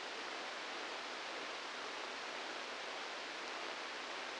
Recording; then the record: brain microelectrode recording played as sound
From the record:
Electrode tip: inside the subthalamic nucleus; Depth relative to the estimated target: 0 mm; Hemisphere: left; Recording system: NeuroSet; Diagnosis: Parkinson's disease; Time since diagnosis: 10 years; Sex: male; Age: 63 years